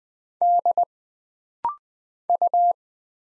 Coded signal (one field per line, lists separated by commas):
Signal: Morse code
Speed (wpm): 20 wpm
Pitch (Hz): 700 Hz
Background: none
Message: D U